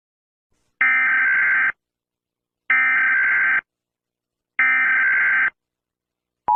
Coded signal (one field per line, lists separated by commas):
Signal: Emergency Alert System (SAME) tones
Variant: header bursts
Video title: EAS Short: Mango Mustard Riots